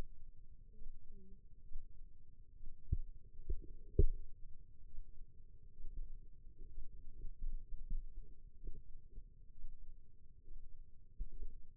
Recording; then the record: forearm muscle sounds (acoustic myography)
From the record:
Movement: rest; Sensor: system 2, bracelet of six BSWA MPA416 microphones around the upper forearm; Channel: 6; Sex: female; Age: 25 years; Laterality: right